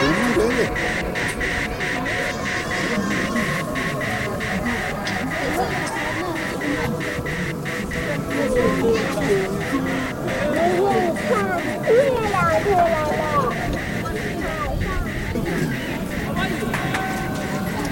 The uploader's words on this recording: Sounds from a walk (khora) around the Jokhang ,first temple of Lhassa, Tibet ,with a flow of pilgrims and religious shops. Electronic treatment in direct.